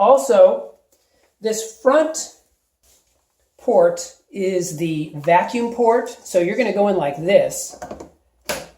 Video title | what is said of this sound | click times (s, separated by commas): Harbor Freight Bauer 6 Gallon Wet Dry Vacuum Review | just clicks into place now I'm not saying that's super strong but it goes in about a half-inch so | 8.5 s